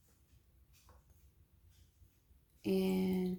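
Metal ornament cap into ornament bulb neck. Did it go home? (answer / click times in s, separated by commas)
no / none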